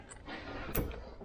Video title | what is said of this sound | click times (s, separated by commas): 2018 Chevrolet Colorado 3.6L LGZ Oil cooler line replacement - Rusty oil cooler lines. | and you'll hear it click when it goes in | 0.8 s